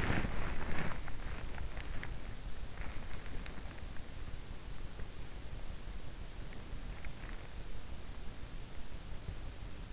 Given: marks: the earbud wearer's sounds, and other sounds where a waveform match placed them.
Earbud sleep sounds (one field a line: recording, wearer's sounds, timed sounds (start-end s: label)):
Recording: sounds in sleep by an in-ear microphone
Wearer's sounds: body movement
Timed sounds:
0.00-0.99 s: body movement